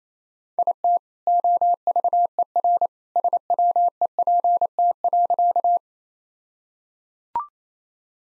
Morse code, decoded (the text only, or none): IT OVER SWEPT.